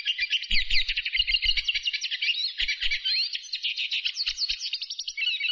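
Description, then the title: Bird song, a long rapid tumble of varied chirps, whistles and trills running continuously without pause, with a few low thumps underneath. "LuckyPassaros CompletosSama"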